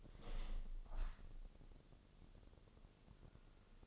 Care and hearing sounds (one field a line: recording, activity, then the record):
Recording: daily activity, microphone in the room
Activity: open window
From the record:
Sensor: 4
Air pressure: 1001.2 hPa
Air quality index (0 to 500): 177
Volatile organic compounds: 2 ppm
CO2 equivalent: 1266 ppm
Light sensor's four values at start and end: 12/28/11/12 and 12/28/11/12